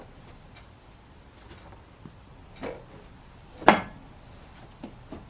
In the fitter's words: that snapped in place so